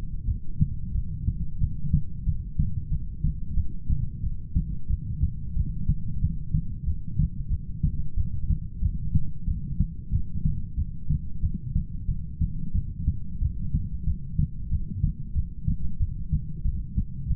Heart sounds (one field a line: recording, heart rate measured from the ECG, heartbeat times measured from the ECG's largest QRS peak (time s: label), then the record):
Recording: heart sounds by stethoscope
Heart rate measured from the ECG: 92 bpm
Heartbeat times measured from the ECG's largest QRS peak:
0.27 s: heartbeat
0.94 s: heartbeat
1.60 s: heartbeat
2.26 s: heartbeat
2.91 s: heartbeat
3.56 s: heartbeat
4.22 s: heartbeat
4.89 s: heartbeat
5.55 s: heartbeat
6.21 s: heartbeat
6.86 s: heartbeat
7.50 s: heartbeat
8.16 s: heartbeat
8.81 s: heartbeat
9.47 s: heartbeat
10.12 s: heartbeat
10.77 s: heartbeat
11.42 s: heartbeat
12.08 s: heartbeat
12.74 s: heartbeat
13.41 s: heartbeat
14.06 s: heartbeat
14.70 s: heartbeat
15.34 s: heartbeat
15.99 s: heartbeat
16.64 s: heartbeat
17.29 s: heartbeat
From the record:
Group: heart failure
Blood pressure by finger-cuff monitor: 105/63 mmHg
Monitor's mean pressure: 76 mmHg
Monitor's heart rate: 91 bpm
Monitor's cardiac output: 8.3 L/min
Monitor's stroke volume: 91 mL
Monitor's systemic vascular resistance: 660 dyn s/cm5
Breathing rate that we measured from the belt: 15 breaths a minute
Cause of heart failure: ischemic heart disease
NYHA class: 1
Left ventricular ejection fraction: 38%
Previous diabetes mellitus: present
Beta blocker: bisoprolol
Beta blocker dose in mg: 15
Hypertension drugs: sacubitril-valsartan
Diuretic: furosemide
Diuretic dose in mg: 20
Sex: male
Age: 33 years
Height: 172 cm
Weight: 78.5 kg